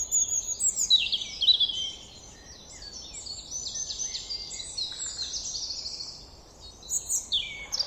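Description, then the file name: European robin singing a high, tumbling warble of thin whistles and trills, a softer middle stretch, then sharp notes returning at the end. "Erithacus rubecula"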